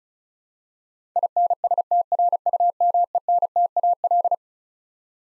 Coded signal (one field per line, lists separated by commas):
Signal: Morse code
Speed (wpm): 36 wpm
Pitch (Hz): 700 Hz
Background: none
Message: INSTRUMENTAL